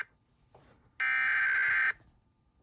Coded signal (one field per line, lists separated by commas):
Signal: Emergency Alert System (SAME) tones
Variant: header bursts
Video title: AZ silver Alert (EAS#128)